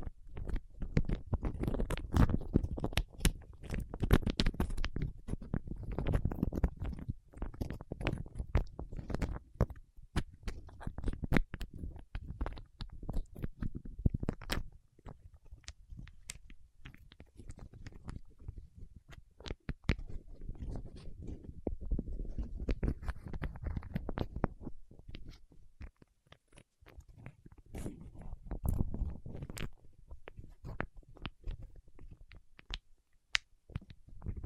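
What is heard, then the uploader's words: Fingertips work through wax with dense sticky crackles and sharp clicks, busiest in the first fifteen seconds, briefly easing, then resuming steadily. ASMR with Wax Fingertips for Sleep (No Talking).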